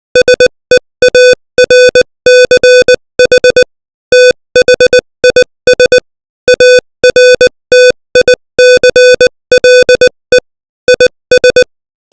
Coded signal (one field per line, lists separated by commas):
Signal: Morse code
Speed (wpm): 20 wpm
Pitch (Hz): 500 Hz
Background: music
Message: SEARCH THIS ARTICLE IS